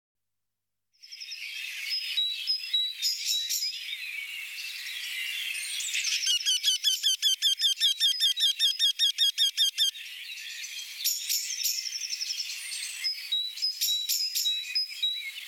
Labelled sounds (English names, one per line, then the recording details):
Eurasian Wryneck song
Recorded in the wild
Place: Lehen / Freiburg im Breisgau, Baden-Württemberg, DE
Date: 1975-04-27
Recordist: Schwarz, Dieter